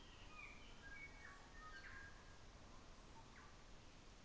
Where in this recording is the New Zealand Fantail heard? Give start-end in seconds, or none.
none